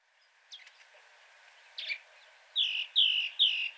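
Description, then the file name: Great tit calls, a few faint notes, then four loud, clear notes in quick succession at the end. "Parus major"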